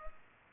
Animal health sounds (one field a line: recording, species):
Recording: mosquito wingbeat signal from an infrared sensor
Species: Culex pipiens